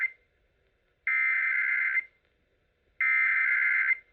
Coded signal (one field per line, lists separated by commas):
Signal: Emergency Alert System (SAME) tones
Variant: header bursts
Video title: San Diego Audacy RWTs - 06/28/26 (EAS #200-204)